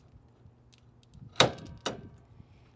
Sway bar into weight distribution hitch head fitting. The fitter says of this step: and then it's gonna lock into place and you'll hear it